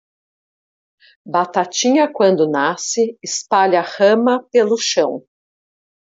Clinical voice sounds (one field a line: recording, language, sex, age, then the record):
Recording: short text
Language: Brazilian Portuguese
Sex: female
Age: 50 to 59 years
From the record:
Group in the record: control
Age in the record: 53 years